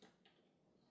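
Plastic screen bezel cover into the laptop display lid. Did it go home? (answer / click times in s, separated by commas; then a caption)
no / none. The plastic screen bezel cover is pushed back onto the display lid of a Dell XPS 17 laptop after a screen replacement. There is a brief soft tap near the start and a light tick at about 0.3 s over a low, quiet background of handling noise. Nothing has seated or clicked yet.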